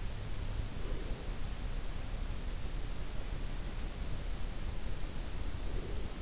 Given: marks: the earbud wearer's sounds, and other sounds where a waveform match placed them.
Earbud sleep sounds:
sounds in sleep by an in-ear microphone; breath
0.75-1.46 s: breath
5.57-6.22 s: breath

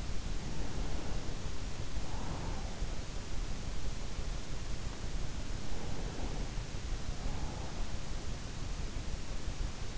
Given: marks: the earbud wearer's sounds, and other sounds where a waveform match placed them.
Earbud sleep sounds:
sounds in sleep by an in-ear microphone; breath
0.00-2.91 s: breath
5.35-8.27 s: breath

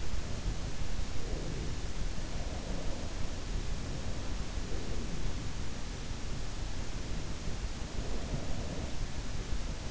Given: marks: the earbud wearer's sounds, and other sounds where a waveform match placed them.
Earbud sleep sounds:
sounds in sleep by an in-ear microphone; breath
0.00-2.04 s: breath
2.24-4.29 s: breath
4.44-6.76 s: breath
7.53-9.73 s: breath

